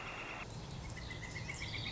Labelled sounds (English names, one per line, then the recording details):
Northern Flicker
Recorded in Sonoma County, California